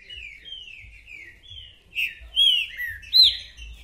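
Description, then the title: Green-winged saltator song: a run of slurred, falling whistles, softer at first, then a few louder, ringing phrases near the end, with faint low rumble beneath. Calling, singing and acting male ('macheando') in a territorial dispute; a repeater giving one song after another; 'mercenário' song type; meant to warm up the listener's own trinca-ferro. "Esse É PERFEITO Para ESQUENTAR Seu TRINCA Piando, Cantando E Macheando Na DISPUTA. 🔥TRINCA FERRO REPETIDOR !! UM CANTO ATRÁS DO OUTRO!!! TRINCA FERRO MERCENARIO!"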